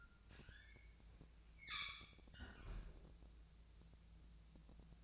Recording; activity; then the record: daily activity, microphone in the room; close fridge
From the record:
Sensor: 2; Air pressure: 999.9 hPa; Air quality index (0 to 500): 124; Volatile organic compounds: 2 ppm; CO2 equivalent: 1065 ppm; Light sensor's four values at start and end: 31/77/33/36 and 31/77/33/36